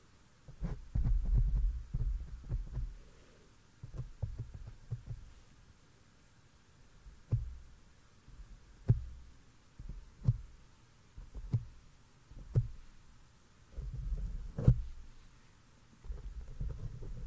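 Soft mic tapping and touching, low thuds in irregular clusters with sharp single taps every second or two over a faint steady hum.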